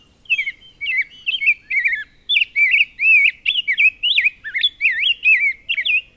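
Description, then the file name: Rose-breasted Grosbeak singing a fluid warble of quick whistled phrases that rise and fall, lasting several seconds. "2008-05-12 Rose-breasted Grosbeak"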